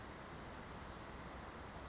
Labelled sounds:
Western Flycatcher (Empidonax difficilis)
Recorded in Sonoma County, California

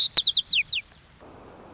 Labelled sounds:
White-crowned Sparrow (Zonotrichia leucophrys)
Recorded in Sonoma County, California

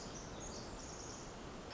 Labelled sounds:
Pacific Wren (Troglodytes pacificus)
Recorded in Sonoma County, California

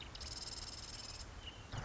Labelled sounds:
Marsh Wren (Cistothorus palustris)
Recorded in Sonoma County, California

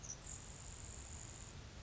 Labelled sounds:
Grasshopper Sparrow (Ammodramus savannarum)
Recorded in Sonoma County, California

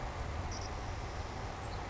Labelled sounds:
Savannah Sparrow (Passerculus sandwichensis)
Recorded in Sonoma County, California

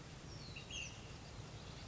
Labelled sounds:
Ash-throated Flycatcher (Myiarchus cinerascens)
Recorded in Sonoma County, California

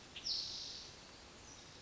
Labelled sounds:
Spotted Towhee (Pipilo maculatus)
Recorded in Sonoma County, California

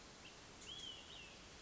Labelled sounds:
Olive-sided Flycatcher (Contopus cooperi)
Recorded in Sonoma County, California

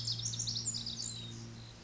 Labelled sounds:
Pacific Wren (Troglodytes pacificus)
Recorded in Sonoma County, California

